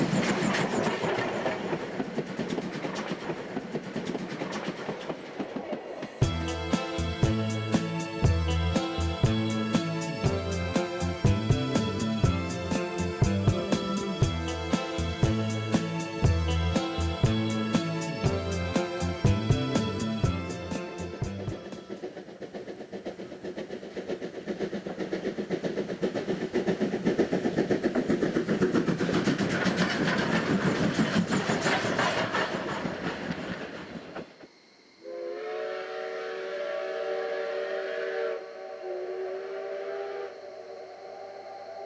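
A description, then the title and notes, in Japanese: Two steam locomotives haul a train past, opening with a dense roar before rapid, regular chuffing and clanking pound from about six to twenty seconds. The rumble then swells and fades, and after a brief drop a steady, tuned whistle-like tone sounds to the end. JR山口線を走る重連の「SLやまぐち号」（後半）です。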